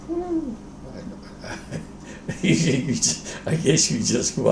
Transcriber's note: laughs